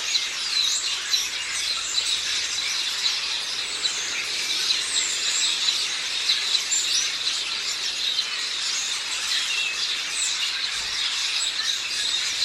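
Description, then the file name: House sparrows keep up a constant chorus of overlapping high chirps, with clearer short notes popping out now and then throughout. "Passer domesticus"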